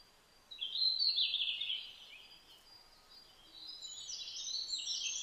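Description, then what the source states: Red-flanked bluetail song: a short, high, jangling warble, then a second, higher and thinner phrase after a brief pause, against quiet background noise. Recorded 12 July 2009 at 07:27 in the morning.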